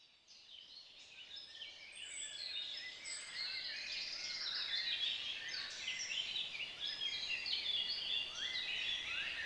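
Bird chorus fading in from near silence, then steady overlapping high chirps, trills and short rising notes from several singers.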